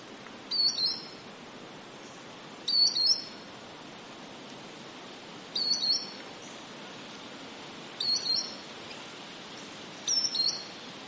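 Varied Sittella calling, short clusters of thin, high chipping notes, each burst roughly every two to three seconds, over a soft hiss of background noise.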